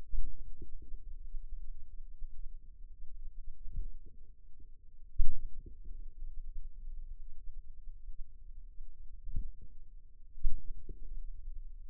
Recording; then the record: forearm muscle sounds (acoustic myography)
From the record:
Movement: finger pinch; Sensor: system 2, bracelet of six BSWA MPA416 microphones around the upper forearm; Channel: 1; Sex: female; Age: 23 years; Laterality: right